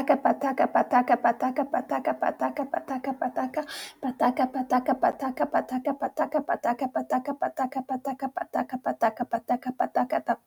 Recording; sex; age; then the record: repeated syllables /pa ta ka/; female; 50 to 59 years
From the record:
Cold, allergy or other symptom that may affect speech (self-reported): no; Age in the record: 54 years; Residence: New York, United States